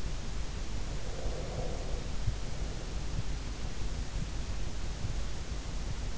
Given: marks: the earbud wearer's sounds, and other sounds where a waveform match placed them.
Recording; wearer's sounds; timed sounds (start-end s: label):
sounds in sleep by an in-ear microphone; breath
0.84-3.08 s: breath